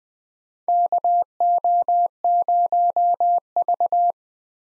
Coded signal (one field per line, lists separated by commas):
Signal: Morse code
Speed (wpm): 20 wpm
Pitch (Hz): 700 Hz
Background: none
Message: KO0V